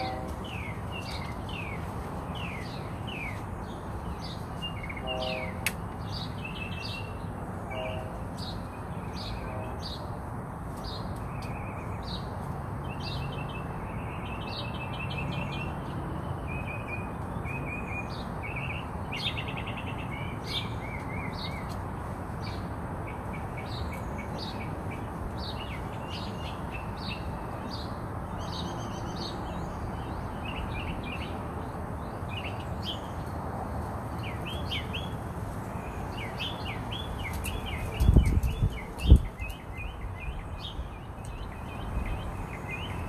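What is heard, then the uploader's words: Birds call outside a house, with many overlapping chirps, whistles and trills running steadily through the whole clip. A low rumble sits underneath throughout, and a few sharp clicks and knocks break in around 38 to 40 seconds. Bird conversations (mockingbirds, house finches, sparrows, starlings, blue jays, crows, and chickadees) outside my house.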